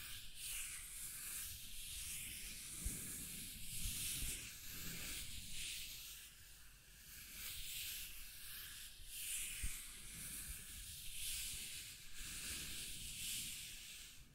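Scratching and tracing sounds: a steady, dense hiss of rubbing, like a tool or pen dragged across a rough surface, swelling and easing in slow strokes every second or two. Sharp low knocks break through now and then, near 3, 4 and 10 seconds.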